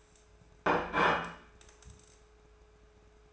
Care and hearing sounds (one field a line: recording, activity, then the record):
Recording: daily activity, microphone in the room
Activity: place plate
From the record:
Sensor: 2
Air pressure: 1014.9 hPa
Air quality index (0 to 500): 204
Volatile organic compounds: 20 ppm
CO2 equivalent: 2698 ppm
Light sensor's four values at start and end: 23/54/24/26 and 22/51/22/25